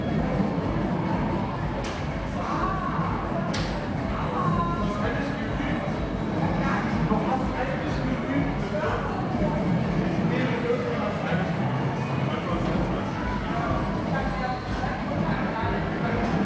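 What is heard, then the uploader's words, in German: A gaming arcade with a dense, unbroken wash of crowd chatter and machine noise. Short bright electronic blips and clicks pop out every second or so, with a heavy low rumble underneath. The overall level stays steady throughout. Klangreise in eine euphorische Gaming Arcade. Automaten, spielende Menschen.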